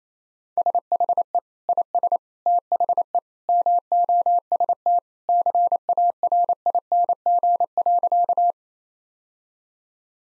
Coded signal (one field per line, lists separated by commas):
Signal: Morse code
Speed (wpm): 28 wpm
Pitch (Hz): 700 Hz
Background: none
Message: SHE IS THE MOST CARING.